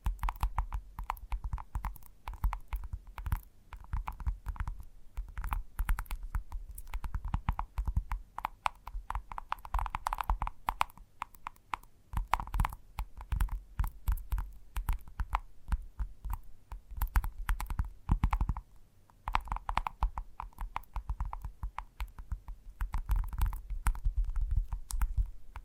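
Gentle tapping runs through the clip in quick, irregular clusters of soft knocks, dense in some stretches and thinning out in brief pauses around 4, 12 and 19 seconds. The taps sit over a low, steady hum with a faint mid-pitched tone.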